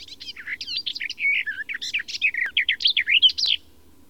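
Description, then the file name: Garden warbler song: a rapid, even warble of mellow, scratchy notes running for about three and a half seconds without pause. "fauvette des jardins"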